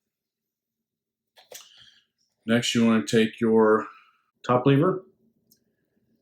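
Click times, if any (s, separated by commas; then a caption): 5.5 s. Someone talks while the top lever on the receiver of a double-barrel shotgun is pushed to the right until it clicks open at 5.5 seconds. The lever is released open.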